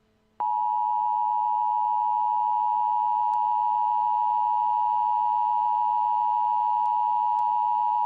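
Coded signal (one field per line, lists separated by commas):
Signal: Emergency Alert System (SAME) tones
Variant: 853 and 960 Hz attention tone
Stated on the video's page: Fictional EAS scenario.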